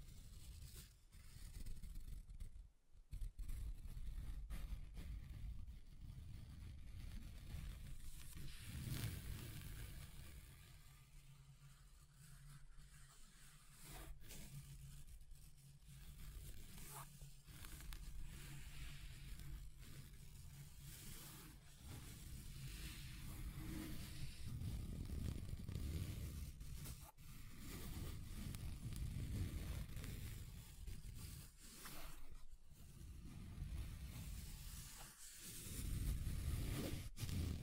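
Scratching across table surfaces, a continuous rough rubbing with sharp bursts around 3, 15, 27 and 37 seconds, over a steady low rumble.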